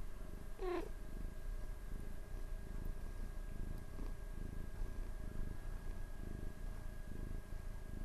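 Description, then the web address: Cat purring in a steady low rumble, with one short descending meow near the start. Recorded 29 April 2006 at 19:51. "cat cat 20060429-1951"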